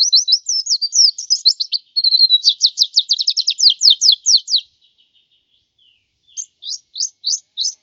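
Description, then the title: White-eye song: a long rapid chatter of high, slurred notes lasting over four seconds, then a pause and a series of spaced chirps. "Suara burung pleci"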